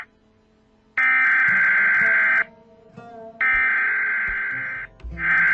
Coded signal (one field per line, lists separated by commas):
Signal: Emergency Alert System (SAME) tones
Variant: header bursts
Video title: A-Z TX Cities EAS alarms